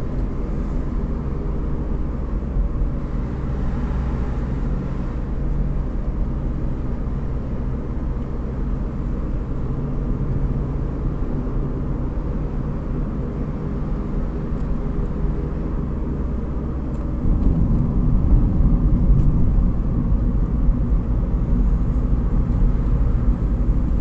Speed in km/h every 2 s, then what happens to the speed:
50, 48, 48, 49, 48, 50, 51, 51, 47, 46, 44, 44.
0-14 steady at about 49. 14-24 slows to 44.